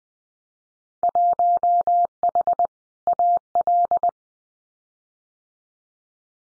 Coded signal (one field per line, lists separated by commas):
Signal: Morse code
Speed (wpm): 20 wpm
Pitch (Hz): 700 Hz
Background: none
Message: 1H AL